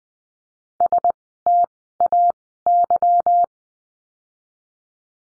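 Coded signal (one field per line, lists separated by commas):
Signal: Morse code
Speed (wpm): 20 wpm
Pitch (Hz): 700 Hz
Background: none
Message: STAY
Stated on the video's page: Morse course lesson, words with letter Y, Farnsworth speed 20/10 wpm.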